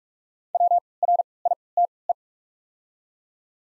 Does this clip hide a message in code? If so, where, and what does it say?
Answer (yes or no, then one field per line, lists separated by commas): yes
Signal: Morse code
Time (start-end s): 0.5-2.1 s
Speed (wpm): 46 wpm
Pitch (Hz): 700 Hz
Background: none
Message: W R I T E